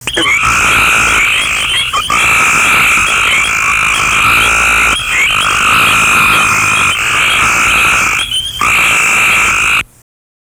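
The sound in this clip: Cope's gray treefrog calls: loud, harsh, buzzy trills, nearly continuous with a few brief gaps, stopping abruptly at the end.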